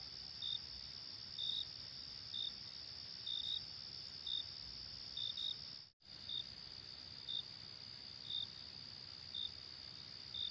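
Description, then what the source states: Cricket chirping at night: a steady high trill under short bright chirps about once a second, with a brief total dropout of sound midway. Night ambience.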